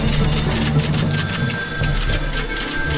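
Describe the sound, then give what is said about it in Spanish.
A telephone in an office rings with a steady, high electronic trill that starts about a second in and holds, over a constant busy background rumble with no one speaking. “Yo no atiendo ese teléfono, la oficina está más activa que nunca.”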